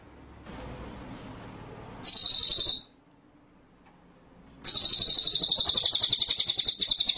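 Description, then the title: White-rumped shama: a short shrill buzzing burst, a brief lull with low hum, then a longer high rolling trill of quick pulses. Masteran (training) track for murai batu, in the full ngerol and nembak song styles. "Masteran Murai Batu Full Ngerol Nembak"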